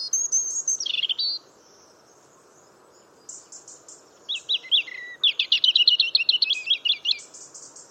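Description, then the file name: European robin delivering a descending whistled phrase, then after a pause a sparkling series of rapid, repeated high notes forming a quick trill. "Erithacus rubecula"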